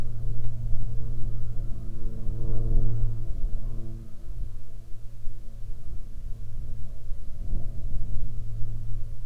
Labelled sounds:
wind
aircraft
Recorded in the Arctic National Wildlife Refuge, Alaska, on 27 July 2019 at 17:28
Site 40

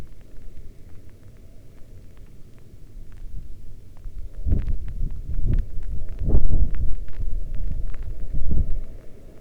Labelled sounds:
wind
rain
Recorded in the Arctic National Wildlife Refuge, Alaska, on 11 August 2019 at 22:31
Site 40

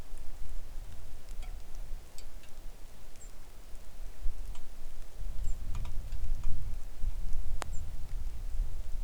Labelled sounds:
songbird
wind
rain
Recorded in the Arctic National Wildlife Refuge, Alaska, on 3 August 2019 at 10:04
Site 41

